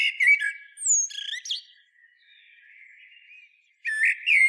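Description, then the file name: Common blackbird song: short twittering bursts and a high whistled slur, a quiet warbling stretch, then another loud twittery phrase. "Turdus merula"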